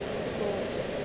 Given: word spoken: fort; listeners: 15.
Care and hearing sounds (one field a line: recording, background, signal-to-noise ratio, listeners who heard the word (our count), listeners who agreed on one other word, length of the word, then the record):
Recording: one English word in noise, from a listening test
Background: speech-shaped noise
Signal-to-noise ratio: -6.1 dB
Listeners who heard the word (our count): 2 of 15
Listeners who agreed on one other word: 8 of 15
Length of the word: 0.65 s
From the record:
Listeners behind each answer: 8, 2, 1, 1, 1, 1, 1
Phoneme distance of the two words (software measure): 10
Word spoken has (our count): 1 syllable, 3 phonemes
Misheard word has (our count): 1 syllable, 3 phonemes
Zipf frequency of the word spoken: 3.94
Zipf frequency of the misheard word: 5.84